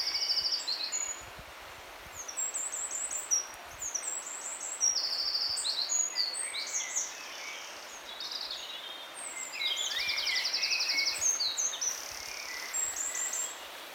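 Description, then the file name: Eurasian wren song: long, busy sequences of high twittering notes and quick rattling trills, coming in waves over fourteen seconds, with steady background hiss. "Troglodytes troglodytes"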